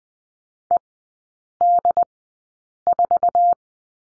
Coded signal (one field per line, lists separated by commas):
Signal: Morse code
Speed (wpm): 19 wpm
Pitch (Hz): 700 Hz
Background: none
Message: E D 4